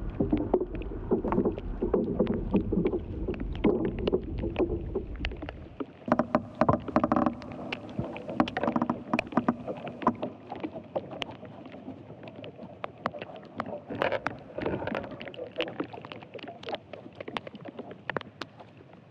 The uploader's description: The interior sound world of ash trees, Fraxinus excelsior .